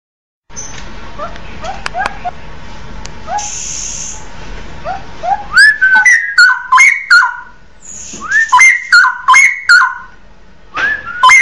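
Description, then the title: Oriental magpie-robin song: quiet twittering opens, then strong sliding whistles in quick bursts, each phrase broken by sharp clicking notes. "Kicau Kacer"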